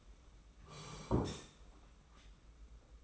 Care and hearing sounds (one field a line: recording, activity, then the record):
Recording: daily activity, microphone in the room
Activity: sit down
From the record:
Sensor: 1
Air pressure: 991.7 hPa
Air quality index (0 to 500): 154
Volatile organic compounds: 1000 ppm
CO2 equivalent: 5718 ppm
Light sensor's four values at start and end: 30/100/39/39 and 30/102/39/40